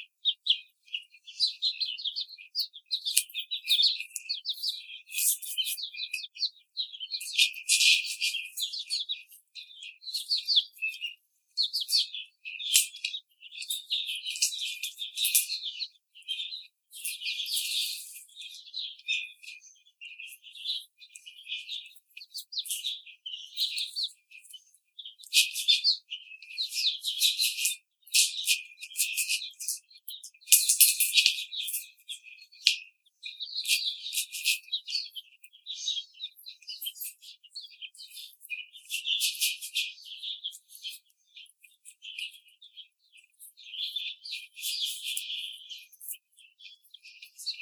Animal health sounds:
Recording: young laying hens in a cage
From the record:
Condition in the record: treatment cage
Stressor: simulated dog barking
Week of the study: 5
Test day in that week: 1

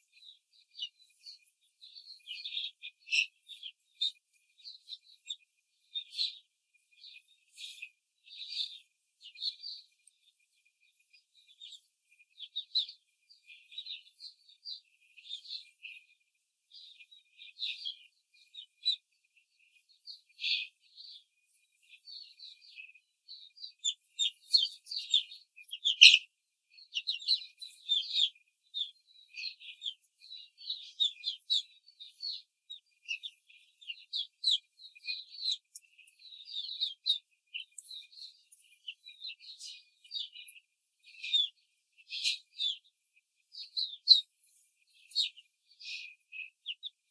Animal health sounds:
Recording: young laying hens in a cage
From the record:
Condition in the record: control cage, after the stress test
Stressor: none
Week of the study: 4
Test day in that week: 1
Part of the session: 4

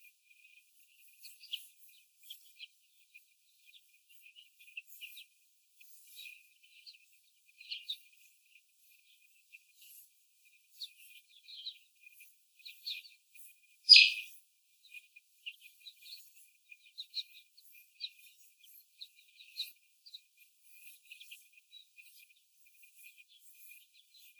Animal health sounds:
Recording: young laying hens in a cage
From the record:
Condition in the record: after the stressor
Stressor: simulated dog barking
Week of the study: 4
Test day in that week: 1

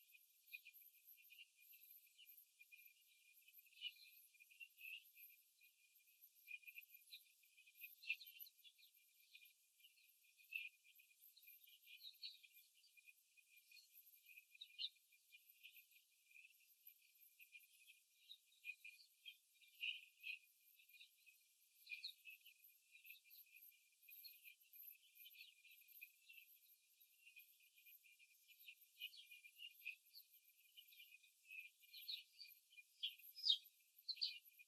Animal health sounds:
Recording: young laying hens in a cage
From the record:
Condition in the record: after the stressor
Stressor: simulated dog barking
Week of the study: 3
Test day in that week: 2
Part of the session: 2

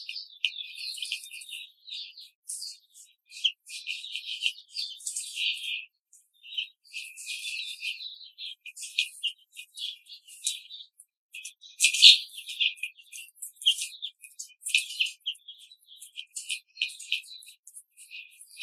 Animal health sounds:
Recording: young laying hens in a cage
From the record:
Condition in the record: control cage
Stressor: none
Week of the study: 5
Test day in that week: 1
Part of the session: 1

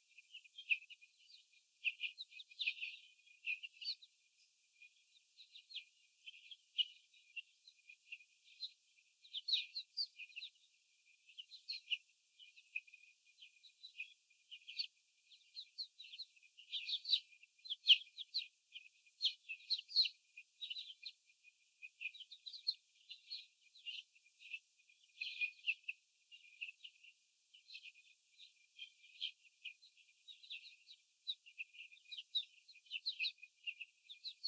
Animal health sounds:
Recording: young laying hens in a cage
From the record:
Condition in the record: after the stressor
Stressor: sudden umbrella opening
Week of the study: 3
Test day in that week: 2

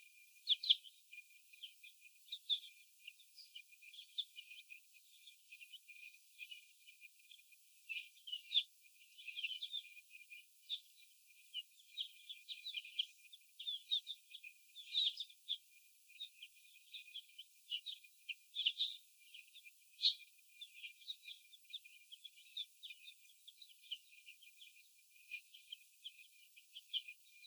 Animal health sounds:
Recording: young laying hens in a cage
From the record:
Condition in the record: before the stressor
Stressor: sudden umbrella opening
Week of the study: 2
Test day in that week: 1

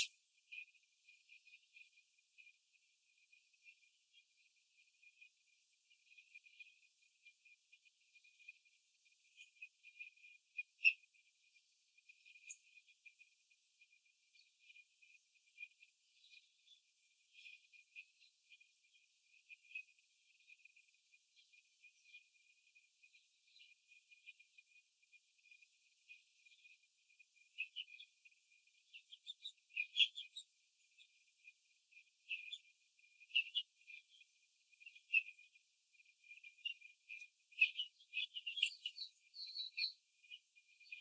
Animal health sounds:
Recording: young laying hens in a cage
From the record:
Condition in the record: control cage, after the stress test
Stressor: none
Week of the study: 4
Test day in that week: 3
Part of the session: 4

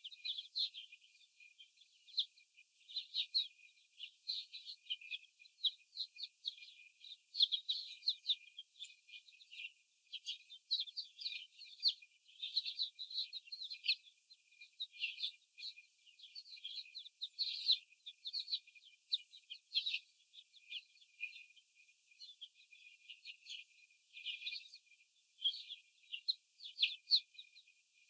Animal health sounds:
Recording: young laying hens in a cage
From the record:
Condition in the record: after the stressor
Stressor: simulated dog barking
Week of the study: 4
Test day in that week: 3

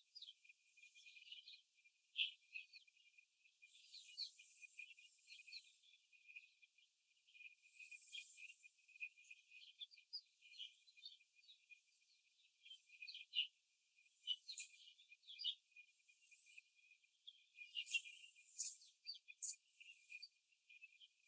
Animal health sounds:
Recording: young laying hens in a cage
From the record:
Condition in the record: after the stressor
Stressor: simulated dog barking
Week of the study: 2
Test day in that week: 2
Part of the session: 2

